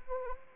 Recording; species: mosquito wingbeat signal from an infrared sensor; Anopheles arabiensis